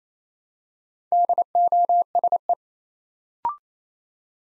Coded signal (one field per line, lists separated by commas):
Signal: Morse code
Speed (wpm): 29 wpm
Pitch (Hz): 700 Hz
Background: none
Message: DOSE